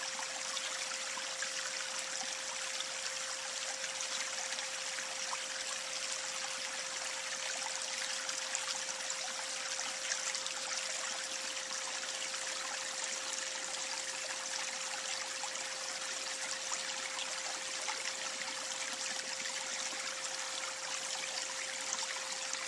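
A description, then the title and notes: Water from the spring at Upper Panther Meadows runs in a steady, unbroken trickle, a dense bright hiss of tiny splashes with no pauses across the whole clip. A thin, constant tone hums underneath at one pitch throughout. The spring at Upper Panther Meadows.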